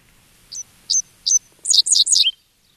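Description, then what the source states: Dickcissel song: three sharp high chips, then a quick run of buzzy, chattering notes ending in a falling slur. Recorded audio played; the song includes a chip note and sounds like the bird saying its name, 'dick sissel'.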